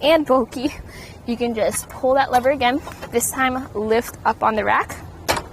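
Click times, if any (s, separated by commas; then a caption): none. Someone talks while a Kuat Piston Pro X hitch bike rack for 3 bikes, on its hitch mount on a 2014 Toyota Prius v, is handled: the tilt lever is pulled and the rack is lifted up toward its compact upright storage position. The clip is mostly speech with only faint handling noise, and nothing has seated or clicked yet.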